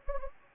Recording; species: mosquito wingbeat signal from an infrared sensor; Anopheles gambiae